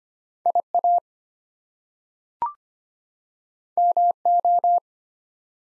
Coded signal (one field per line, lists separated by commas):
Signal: Morse code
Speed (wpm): 25 wpm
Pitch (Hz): 700 Hz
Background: none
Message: IA MO